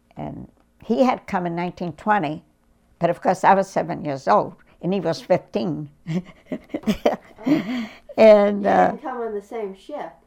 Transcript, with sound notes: And he had come in 1920, but, of course, I was seven years old and he was fifteen. (laughs) And—
You didn't come in the same ship?